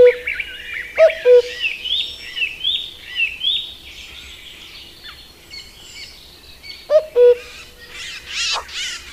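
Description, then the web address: Common cuckoo sounding two falling cu-coo calls, several seconds apart, amid lively warbling and chirping from other songbirds. "agykontroll Madardalok Cd 1. Kakukk"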